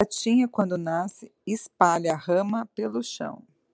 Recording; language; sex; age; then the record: short text; Brazilian Portuguese; female; 40 to 49 years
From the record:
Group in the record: control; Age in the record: 40 years